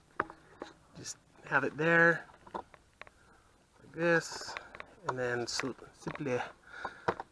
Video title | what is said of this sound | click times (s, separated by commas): 2002-05 Hyundai Sonata Rear Interior Door Handle Install | in and tell it locks in place then | 7.1 s, 7.2 s